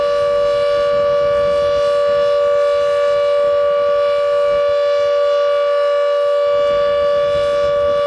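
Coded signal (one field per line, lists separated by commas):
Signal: siren signal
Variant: Carter 1H siren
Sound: a loud, steady, unwavering siren tone with rich harmonics, held throughout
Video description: Signal: Continuous tone, interrupted four times Duration: 210 sec. Meaning: Danger of flooding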